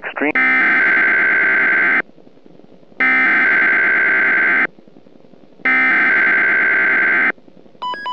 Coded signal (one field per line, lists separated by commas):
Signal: Emergency Alert System (SAME) tones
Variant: header bursts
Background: speech